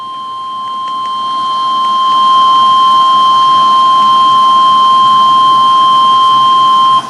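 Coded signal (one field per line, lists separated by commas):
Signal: Emergency Alert System (SAME) tones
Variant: 1050 Hz attention tone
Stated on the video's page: NOAA Weather Radio special marine warning.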